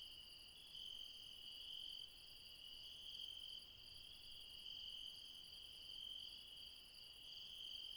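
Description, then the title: Insects chirring in a steady high chorus, a bright continuous trill with softer pulsed notes above it and little else heard. Insects late at night in the mountains at Refuge Krevatia, Barbala, near Dion, Greece. "Refuge Krevatia, Μπαρμπαλά, Dion 601 00, Greece - Late night mountain insects"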